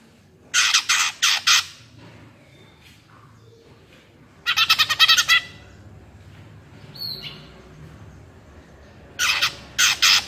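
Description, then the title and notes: Greater green leafbird song: three loud bursts of fast chattering notes separated by quieter gaps with a faint whistle. Lively, melodious singing intended as a master recording for training captive leafbirds; described as gacor, ngentrok, with raised crest (jambul nembak). "Cucak Ijo Gacor Ngentrok Jambul Nembak. suara burung cucak ijo gacor, merdu cocok buat masteran burung cucak ijo"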